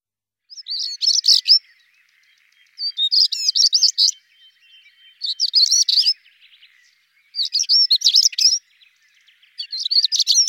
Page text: le chant : Tarier pâtre